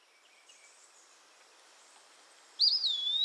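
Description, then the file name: Eastern Wood Pewee song: one clear slurred whistle near the end, dropping then levelling, after a few quiet seconds. Georgia. "EWPE SONG GA - Eastern Wood Pewee - Contopus virens"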